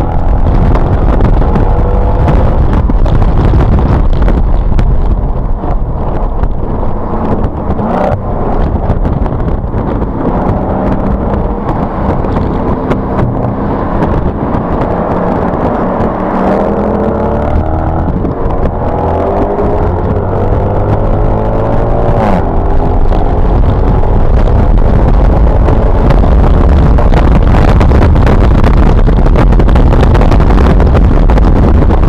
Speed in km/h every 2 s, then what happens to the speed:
122, 134, 121, 77, 52, 60, 53, 52, 63, 76, 95, 122, 140, 150, 150, 138.
0-3 speeds up to 134. 3-8 brakes to 52. 11-14 slows to 52. 14-26 speeds up to 150. 26-32 slows to 138.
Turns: 14-20.